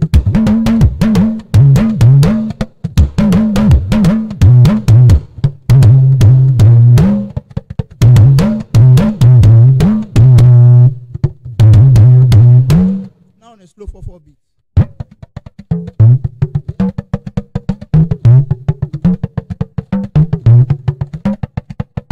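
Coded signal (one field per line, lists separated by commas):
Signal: talking drum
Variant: Yoruba dùndún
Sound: low resonant drum strokes whose pitch bends up and down in speech-like phrases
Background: percussion accompaniment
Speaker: it means the son that we gave back to you or the daughter we give back to is a good child it's someone that will become a great personality later in the future it means I'm rejoicing with the newborn baby so let's try to play it on the 68 bat on slow 44 bit and fast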